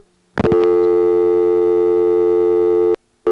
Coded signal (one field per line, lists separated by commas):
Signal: telephone call progress tone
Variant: North America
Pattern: dial tone